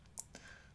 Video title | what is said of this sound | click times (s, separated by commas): Repairing / Upgrading HP Pavilion HP23-QO55NA | push you right in the screen I'll it back in and it should just click into place once it's once | 0.2 s